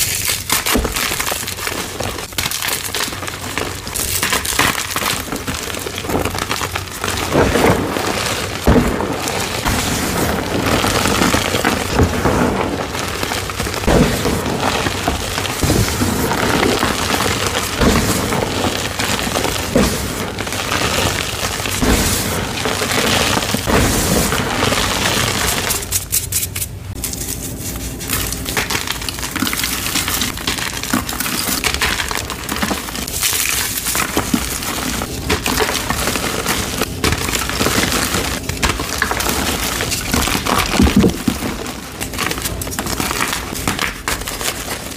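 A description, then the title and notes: Gym chalk is crumbled and crushed in a dense, continuous run of dry crinkling and crunching, full of quick gritty snaps across a bright, hissy range. The level stays fairly even throughout, with a brief softer lull around the 26-second mark. Rainbow gym chalk compilation.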